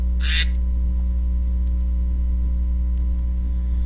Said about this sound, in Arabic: بطة هذا عايز الذبح، الله المستعان.